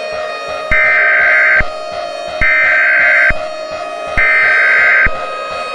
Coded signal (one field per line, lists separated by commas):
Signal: Emergency Alert System (SAME) tones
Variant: header bursts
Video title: EAS Scenario: A Radio-Like Problem (Alternative Ending) [Requested]